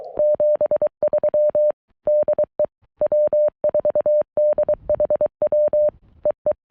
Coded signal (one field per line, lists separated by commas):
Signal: Morse code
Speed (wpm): 22 wpm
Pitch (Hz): 590 Hz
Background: none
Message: 73 DE W4DHW EE